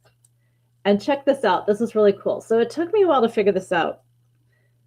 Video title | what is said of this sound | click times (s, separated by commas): Tool School LIVE: Stocking Stuffer Ideas! | and then it locks in place. | 0.2 s